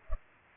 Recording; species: mosquito wingbeat signal from an infrared sensor; Culex pipiens